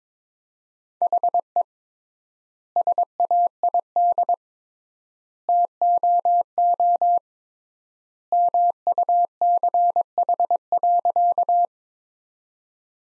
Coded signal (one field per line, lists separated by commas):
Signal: Morse code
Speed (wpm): 22 wpm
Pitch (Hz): 700 Hz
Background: none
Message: HE SAID TOO MUCH.